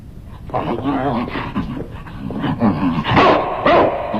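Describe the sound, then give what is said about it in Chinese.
A dog named Assassin (刺客) barks a couple of times in short, loud, sharp bursts, mixed in with people talking. “房间里，一个是米格尔留给他的哑巴仆人华钦，一个是只会汪汪叫的刺客，想找个说话的人都没有。”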